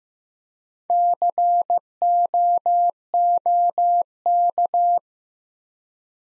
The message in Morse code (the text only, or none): COOK